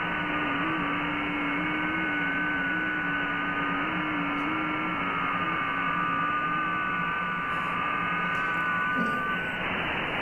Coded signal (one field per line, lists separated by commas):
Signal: FT8